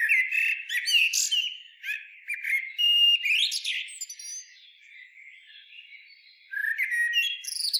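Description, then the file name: Common blackbird song: several whistled, warbling phrases at mid pitch ending in thin, squeaky high twitters, with short pauses between phrases; no low sounds. "Turdus merula"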